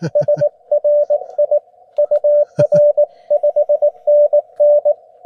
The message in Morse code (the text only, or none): SRI UR 5NN